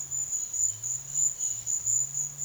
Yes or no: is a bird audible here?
no